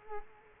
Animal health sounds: mosquito wingbeat signal from an infrared sensor; Culex quinquefasciatus

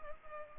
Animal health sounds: mosquito wingbeat signal from an infrared sensor; Culex pipiens

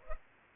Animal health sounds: mosquito wingbeat signal from an infrared sensor; Culex pipiens

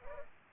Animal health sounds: mosquito wingbeat signal from an infrared sensor; Culex pipiens

